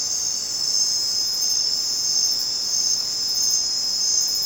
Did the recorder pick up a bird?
no